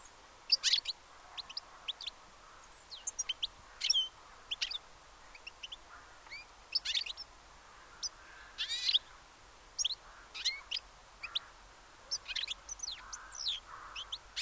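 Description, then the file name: European goldfinch twittering: rapid, liquid, high chirps and trills repeated throughout, some slurred notes, over a steady soft background noise. "Carduelis carduelis"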